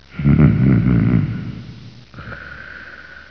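A single loud, low, rattling inhaled snore lasting about a second and a half, fading out, then a quieter nasal breath sound. Human snoring from vibration of the soft tissues of the upper airway during sleep, a comedy sound effect.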